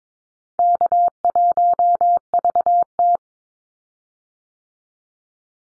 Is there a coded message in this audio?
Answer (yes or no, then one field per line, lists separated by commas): yes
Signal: Morse code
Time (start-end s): 0.6-3.2 s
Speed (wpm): 22 wpm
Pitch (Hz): 700 Hz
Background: none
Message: K1VT